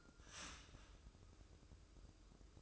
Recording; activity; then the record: daily activity, microphone in the room; start toaster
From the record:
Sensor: 2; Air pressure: 995.1 hPa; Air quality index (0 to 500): 58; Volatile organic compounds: 1 ppm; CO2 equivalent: 968 ppm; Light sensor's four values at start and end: 17/54/21/20 and 17/54/21/20